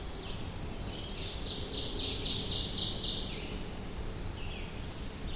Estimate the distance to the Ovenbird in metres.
about 45 m